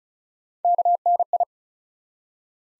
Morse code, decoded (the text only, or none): KNI